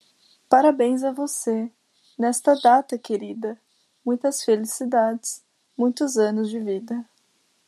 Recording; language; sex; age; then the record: short text; Brazilian Portuguese; female; 20 to 29 years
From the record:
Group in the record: control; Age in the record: 24 years